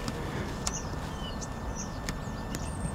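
The plastic buckle on the securing strap of a luggage bag is handled on the rear rack of a Vespa GTS 300 HPE, with the strap being pulled downward toward the rack's catch. Brief sharp ticks at about 0.1, 0.7, 2.1 and 2.6 seconds rise over a steady low rumble, with faint high chirps in the background. Nothing has seated or clicked home yet.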